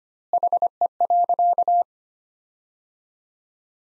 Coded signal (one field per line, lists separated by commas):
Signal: Morse code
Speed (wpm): 25 wpm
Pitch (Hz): 700 Hz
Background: none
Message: HE.